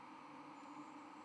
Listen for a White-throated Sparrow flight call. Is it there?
no